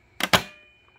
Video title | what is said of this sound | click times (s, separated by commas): Hoover WindTunnel Tempo T-Series Vacuum Review (UH30301) | just like that and now it's locked into place | 0.2 s, 0.3 s